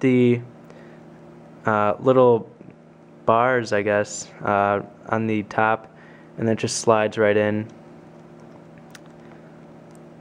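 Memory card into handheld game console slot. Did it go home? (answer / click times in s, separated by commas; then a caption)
yes / 9.0 s. A small plastic memory card is slid into the card slot of a PS Vita handheld game console with its little bars on top and pushed until it latches. Someone talks throughout, and after the talking stops, a small click at 9.0 seconds marks the card seating in the slot.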